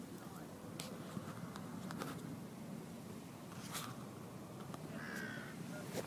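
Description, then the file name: Carrion crow subsong: scattered soft clicks and ticks, then a brief faint note near the end, over a steady low background rumble. "Corvus corone subsong"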